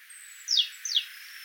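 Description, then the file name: Great tit call: two quick high downslurred notes in quick succession, with a faint thin high whistle running behind them. "Parus major"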